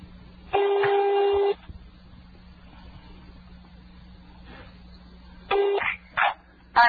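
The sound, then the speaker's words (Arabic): A phone line rings as a call from Saudi Arabia to a landline in Rafah is placed during a broadcast on the Iqraa channel: a steady, buzzy one-second tone, a long pause filled with low hum, then another ring begins, followed by a few short clicks and bursts. “أي هذا قاعد يرن، بس ما أدري بعد الصوت واضح عند المشاهدين ولا لا.”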